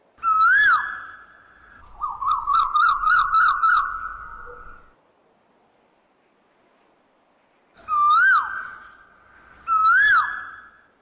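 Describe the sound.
Asian koel gives a single swooping whistle, then a fast run of about six bubbling notes, a silent pause, and two more rising-falling whistled calls.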